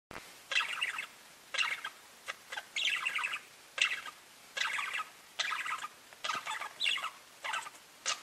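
Budgerigar calls, scratchy chirping bursts about once a second with short quiet gaps between them.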